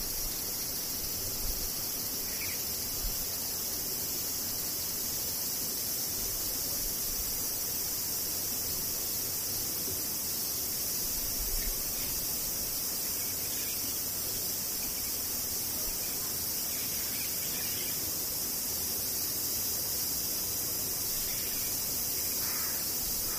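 Cicadas drone without a break, a dense, steady hiss that is brightest and strongest in the high range, holding level for the whole stretch. Faint chirps and soft rustles surface now and then underneath, especially around the middle and toward the end.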